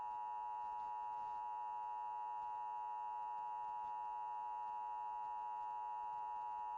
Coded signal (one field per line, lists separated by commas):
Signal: Emergency Alert System (SAME) tones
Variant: 853 and 960 Hz attention tone